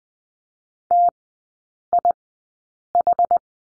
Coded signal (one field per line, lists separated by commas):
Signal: Morse code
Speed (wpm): 20 wpm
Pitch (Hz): 700 Hz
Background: none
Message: TIH